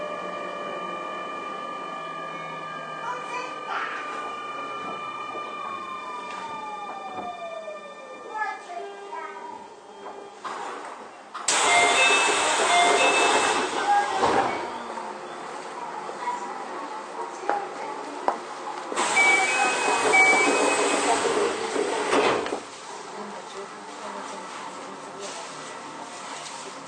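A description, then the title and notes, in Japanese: A Keio 9000 series train, with a steady low rumble under several held whining tones. Around six to nine seconds one whine slides downward in pitch. Two loud rushing, hissing stretches break in, from about 11 to 14 seconds and 19 to 22 seconds. 京王9000系 高尾山口〜つつじヶ丘。快速つつじヶ丘行を録音。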